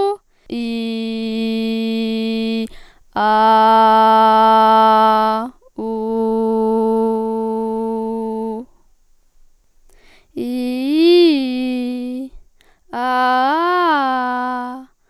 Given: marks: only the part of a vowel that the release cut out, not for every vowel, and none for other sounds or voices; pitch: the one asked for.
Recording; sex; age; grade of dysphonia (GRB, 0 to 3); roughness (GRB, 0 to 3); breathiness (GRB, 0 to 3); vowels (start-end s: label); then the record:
sustained vowels; female; 18 to 19 years; 0; 0; 0
0.77-2.31 s: vowel /i/, low pitch
3.39-5.10 s: vowel /a/, low pitch
6.12-8.07 s: vowel /u/, low pitch
10.61-11.98 s: vowel /i/, low-high-low pitch
13.15-14.55 s: vowel /a/, low-high-low pitch
From the record:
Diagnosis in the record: healthy voice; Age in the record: 19 years